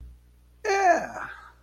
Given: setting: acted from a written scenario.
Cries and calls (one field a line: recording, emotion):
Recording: vocal sound without words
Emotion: contentment